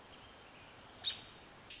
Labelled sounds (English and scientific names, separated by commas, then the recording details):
American Robin (Turdus migratorius)
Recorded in Sonoma County, California